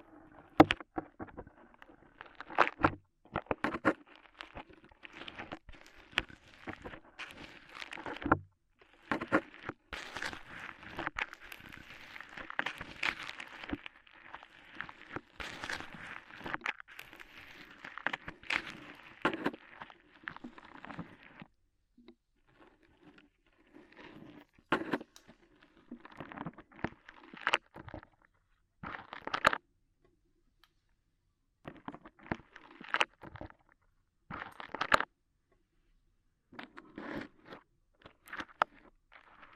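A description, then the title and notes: Dry scraping and crunching sounds as rhinestones and clay are worked loose during an ear-cleaning sequence. Short crackly bursts come in dense clusters for the first twenty seconds, then thin out into sparser scrapes with brief silent gaps, ending in scattered crisp clicks. ASMR Tingly Ear Cleaning Rhinestone & Clay Removal (No Talking).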